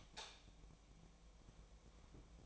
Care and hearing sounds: daily activity, microphone in the room; light off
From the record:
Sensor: 1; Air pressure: 1000.0 hPa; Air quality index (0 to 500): 131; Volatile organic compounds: 2 ppm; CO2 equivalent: 1238 ppm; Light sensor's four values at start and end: 34/88/36/44 and 32/80/33/41

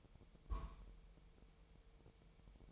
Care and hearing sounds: daily activity, microphone in the room; place on stove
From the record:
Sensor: 1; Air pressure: 999.3 hPa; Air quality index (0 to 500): 201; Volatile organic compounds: 42 ppm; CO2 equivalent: 3182 ppm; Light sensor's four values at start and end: 9/22/8/9 and 9/22/8/9

